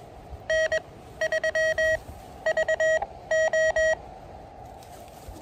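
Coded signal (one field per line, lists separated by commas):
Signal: Morse code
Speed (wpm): 21 wpm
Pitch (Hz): 1900 Hz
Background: none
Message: N3VO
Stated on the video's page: QRP CW summit and park activation of two summits, very cold and windy conditions.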